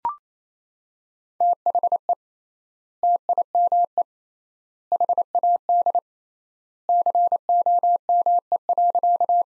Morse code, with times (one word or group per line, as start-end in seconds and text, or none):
1.4-2.1 THE
3.0-4.0 TIME
4.9-6.0 HAD
6.9-9.4 COME.